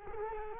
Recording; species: mosquito wingbeat signal from an infrared sensor; Culex quinquefasciatus